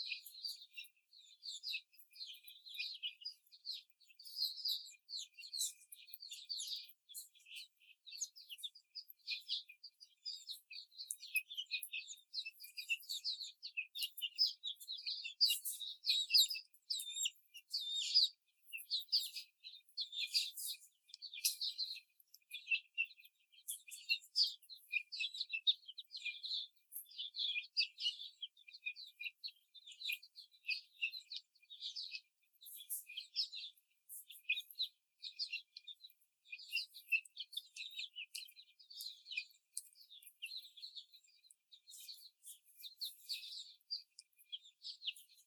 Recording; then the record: young laying hens in a cage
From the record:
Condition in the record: before the stressor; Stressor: simulated dog barking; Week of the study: 4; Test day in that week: 2